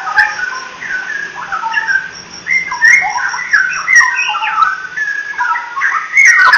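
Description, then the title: Oriental magpie-robin song: clear, varied whistled phrases, some rising and some falling, delivered in quick succession with short gaps between bursts. "Kicau Kacer"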